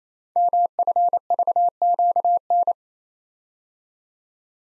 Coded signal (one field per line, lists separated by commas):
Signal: Morse code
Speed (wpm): 27 wpm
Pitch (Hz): 700 Hz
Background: none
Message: MFVQN